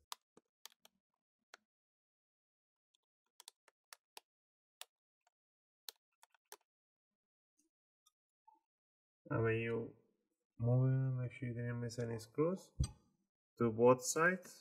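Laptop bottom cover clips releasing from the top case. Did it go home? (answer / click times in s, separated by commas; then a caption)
released / 0.1 s, 0.7 s, 3.5 s, 4.2 s, 4.8 s, 5.9 s. A soft guitar pick, chosen because it is less likely to scratch, is pushed between the top and bottom plastic covers of an ASUS Transformer Book Flip TP501U laptop to pry the bottom cover off for an SSD upgrade. Sharp, brief clicks at 0.1, 0.7, 3.5, 4.2, 4.8 and 5.9 seconds are the plastic retaining clips popping loose one after another, releasing the cover from the top case. Someone then talks from about 9 seconds onward.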